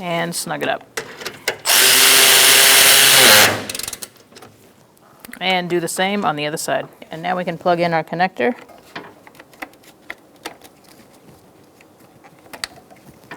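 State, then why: Seated. Someone talks while working on a 2002-2006 Honda CR-V, replacing the AC condenser cooling fan assembly. A loud, steady power-tool whir runs from about 1.7 to 3.6 s, followed by small handling ticks. The replacement fan motor's electrical connector is pushed into the vehicle wiring harness and clicks sharply at 12.6 s, showing it is latched and seated.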